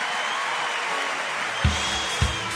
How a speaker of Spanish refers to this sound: Ya, chiquillos, la palma. Esto es una fiesta. Los aplausos de rigor de fondo ahí cuando está en vivo la banda